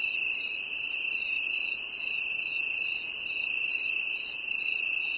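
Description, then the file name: Cricket chirping in regular pulsed bursts, a little more than twice each second, over a steady high-pitched trill. "grillon"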